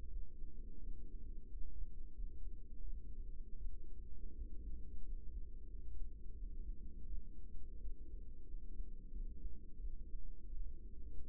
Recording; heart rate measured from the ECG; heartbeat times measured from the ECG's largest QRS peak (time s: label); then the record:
heart sounds by microphone in the right ear; 86 bpm
0.08 s: heartbeat
0.79 s: heartbeat
1.48 s: heartbeat
2.12 s: heartbeat
2.81 s: heartbeat
3.57 s: heartbeat
4.33 s: heartbeat
5.03 s: heartbeat
5.67 s: heartbeat
6.34 s: heartbeat
7.05 s: heartbeat
7.78 s: heartbeat
8.45 s: heartbeat
9.10 s: heartbeat
9.78 s: heartbeat
10.51 s: heartbeat
11.26 s: heartbeat
From the record:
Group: healthy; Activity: rest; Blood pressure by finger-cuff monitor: 144/71 mmHg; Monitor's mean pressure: 94 mmHg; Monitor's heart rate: 88 bpm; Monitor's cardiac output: 8.3 L/min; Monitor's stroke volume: 93 mL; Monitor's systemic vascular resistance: 810 dyn s/cm5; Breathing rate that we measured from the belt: 18 breaths a minute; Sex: female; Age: 24 years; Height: 163 cm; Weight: 55.7 kg